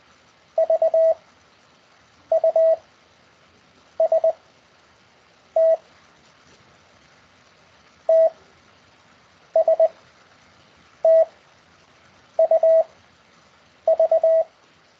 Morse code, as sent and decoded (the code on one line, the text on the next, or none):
...- / ..- / ... / - / - / ... / - / ..- / ...-
V U S T T S T U V